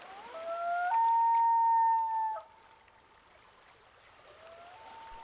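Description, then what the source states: Common Loon wail: a smooth, mournful whistled note that rises, then holds steady for over a second before cutting off, followed by faint notes. Wail, sounding almost like a wolf's howl; often heard at night when a loon tries to locate a separated mate or other family member; at a lake.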